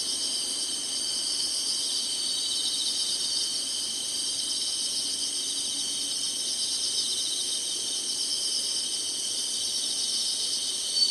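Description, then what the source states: Insects in a steady, even high-pitched buzzing chorus throughout, with hardly any change in level. Singing insects in summer.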